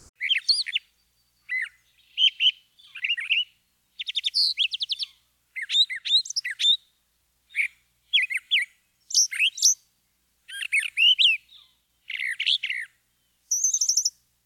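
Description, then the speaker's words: Gray Catbird song: a long, varied series of short squeaky and chattering phrases separated by brief pauses, with no other sounds. Recorded about 25 years ago on a Uher recorder with a radar dish as parabolic reflector, about 100 feet away; bird perched on a telephone wire; sings many varied songs. "As you can hear, the catbird sings not just one song, but many."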